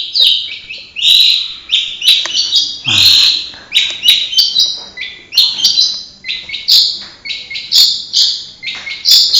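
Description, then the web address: Long-tailed shrike singing a fast, varied jumble of scratchy chattering phrases and short squeaky notes, each burst quickly followed by another. Banyuwangi-type bird; full isian song, used to train birds. "cendet banyuwangi full isian. masteran cendet"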